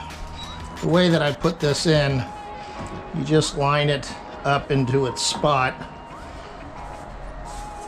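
Someone talks while lining up a laminate floor plank into its spot against the adjacent plank's click-lock joint during a 1997 Coleman Sea Pine flooring installation, with faint music in the background. The plank has not been slid down yet, and nothing has seated or clicked.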